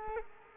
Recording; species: mosquito wingbeat signal from an infrared sensor; Culex quinquefasciatus